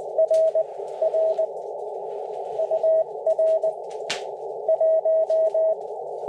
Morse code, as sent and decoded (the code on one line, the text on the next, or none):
.-. / .-. / ..- .-. / .----
R R UR 1